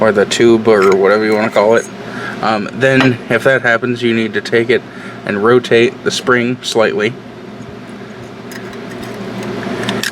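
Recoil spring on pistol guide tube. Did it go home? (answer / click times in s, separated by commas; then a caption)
yes / 9.9 s, 10.0 s. During reassembly of a metal Sterling Model 302 pistol, someone talks while the recoil spring is rotated slightly on its guide tube, over a steady low hum. Two sharp clicks at 9.9 s and 10.0 s mark the spring dropping into place and seating.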